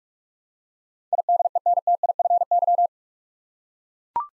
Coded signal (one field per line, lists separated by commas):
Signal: Morse code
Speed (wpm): 42 wpm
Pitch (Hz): 700 Hz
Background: none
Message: IDENTIFY